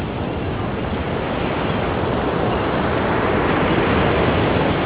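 A steady, dense wash of surf and wind on a beach, a continuous hissing roar with a slight swell in loudness toward the end, and no voices.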